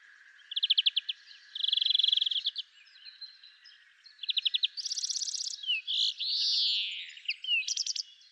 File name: Chloris chloris